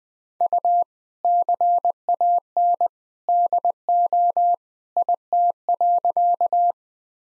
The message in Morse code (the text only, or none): U CAN DO IT.